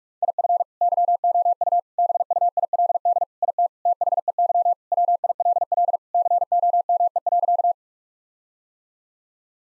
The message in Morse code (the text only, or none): IF YOU BUILD IT THEY WILL COME.